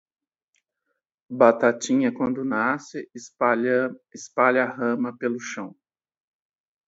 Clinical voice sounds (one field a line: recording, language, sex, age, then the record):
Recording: short text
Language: Brazilian Portuguese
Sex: male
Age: 40 to 49 years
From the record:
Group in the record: control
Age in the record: 49 years